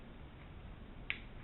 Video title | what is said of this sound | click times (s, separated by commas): 1897 Winchester Disassembly and Reassembly | and then I should hear a very positive click as the hammer clicks into the full cock notch. | 1.1 s